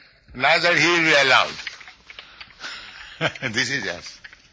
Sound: laughs